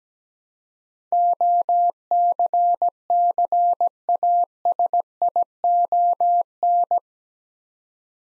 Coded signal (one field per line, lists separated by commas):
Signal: Morse code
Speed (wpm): 17 wpm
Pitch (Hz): 700 Hz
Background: none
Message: OCCASION